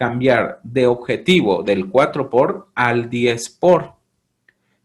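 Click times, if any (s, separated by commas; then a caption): 4.5 s. Someone talks, then the microscope's revolving nosepiece is rotated from the 4x to the 10x objective. A small, faint click at 4.5 s marks the detent seating the objective lens into the light path.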